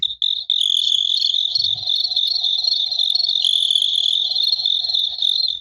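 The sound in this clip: Crickets trilling in a continuous high, steady buzz with overlapping callers throughout.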